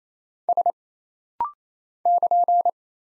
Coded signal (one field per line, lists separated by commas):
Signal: Morse code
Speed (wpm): 27 wpm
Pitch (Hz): 700 Hz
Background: none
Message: S <KN>